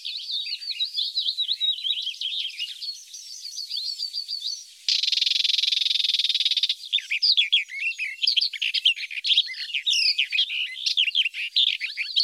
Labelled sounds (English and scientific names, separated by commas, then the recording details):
Barred Warbler (Sylvia nisoria) song
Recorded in the wild
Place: Flögelner See, Schleswig-Holstein, DE
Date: 1981-06-05
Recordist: Schwarz, Dieter